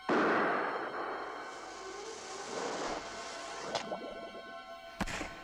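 Steady sloshing and swishing of water as several figures in camouflage suits wade across a river, with a couple of sharper splashes standing out near the end and no voices.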